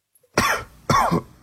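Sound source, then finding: Cough.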